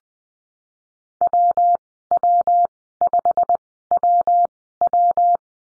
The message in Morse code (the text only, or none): WW5WW